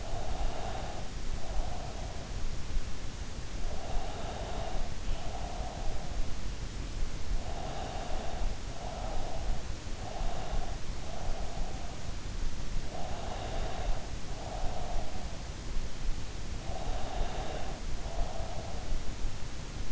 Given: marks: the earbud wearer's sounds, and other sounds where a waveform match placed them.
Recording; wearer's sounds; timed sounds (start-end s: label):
sounds in sleep by an in-ear microphone; breath
0.00-2.11 s: breath
3.60-6.23 s: breath
7.37-9.43 s: breath
10.00-11.89 s: breath
13.08-15.32 s: breath
16.63-18.80 s: breath